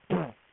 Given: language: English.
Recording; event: throat vibration sensor signal played as sound; throat clearing